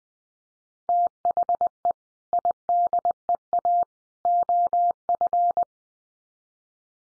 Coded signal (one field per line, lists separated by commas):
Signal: Morse code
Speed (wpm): 20 wpm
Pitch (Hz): 700 Hz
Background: none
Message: THE IDEA OF